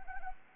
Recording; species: mosquito wingbeat signal from an infrared sensor; Anopheles arabiensis